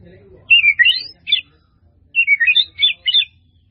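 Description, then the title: White-rumped Shama song in two bursts of quick, high chattering and whistled notes separated by a short pause. "murai batu"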